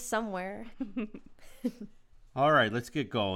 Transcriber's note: laughter